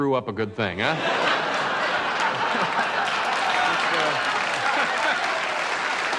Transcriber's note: laughter